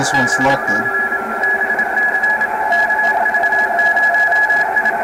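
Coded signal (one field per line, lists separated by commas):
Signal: Morse code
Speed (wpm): 27 wpm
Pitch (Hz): 1700 Hz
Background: speech, radio noise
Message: BC BC KV0I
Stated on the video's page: Amateur digital modes on 40 meters from a Yaesu FT-891 with an inverted-V random wire antenna and manual tuner.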